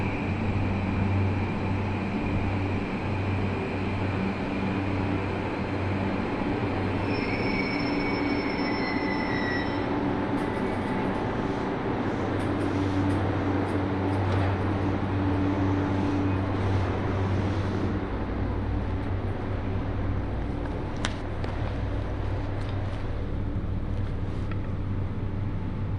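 Riding a train on the Hōhi Line, a steady low rumble and hum fill the car, with brief wheel squeals near seven seconds and clicks later.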